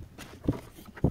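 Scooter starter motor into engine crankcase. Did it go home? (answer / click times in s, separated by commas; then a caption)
yes / 1.0 s. A starter motor for a Piaggio Beverly 300 ie scooter is pushed into the engine crankcase by hand, its protruding gear lined up with the hole in the engine casing. A low thump is heard at about 0.5 s, then a sharp snap at 1.1 s as the motor seats and clicks into the engine case.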